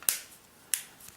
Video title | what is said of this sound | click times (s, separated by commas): Samsung Galaxy Mega 6 3 Unboxing & Review | so snaps into place | 0.1 s, 0.7 s